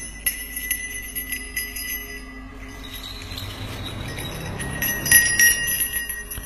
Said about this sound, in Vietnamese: Sau đó lấy ra trong tay nải một cái chuông. Lão lắc nhẹ lên, rồi cúi gập đầu, khấn một dàn văn tế rất dài.